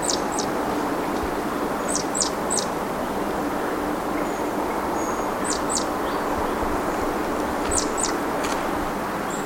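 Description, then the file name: Great tit giving sharp, high-pitched notes in twos and threes, spaced a few seconds apart, against constant low rumbling noise. "Parus major"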